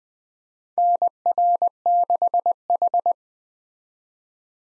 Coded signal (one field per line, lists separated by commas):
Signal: Morse code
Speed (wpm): 20 wpm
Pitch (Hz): 700 Hz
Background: none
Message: NR6H